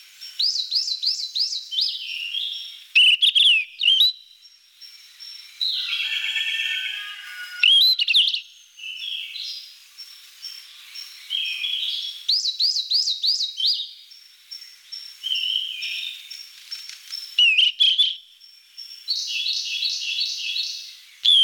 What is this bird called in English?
Yellow-rumped Flycatcher